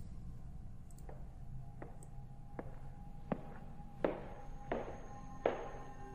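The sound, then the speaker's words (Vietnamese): Slow, limping footsteps of an old woman coming out of a small unlit alley and approaching from afar: about seven dull taps at an unhurried, steady pace, getting louder and heavier toward the end over a low background hum, with no talking. “Giống như là tiếng bước chân tập tễnh của người già, Lưu Học Minh nhìn qua một con hẻm nhỏ bên cạnh, lờ mờ không có ánh đèn.”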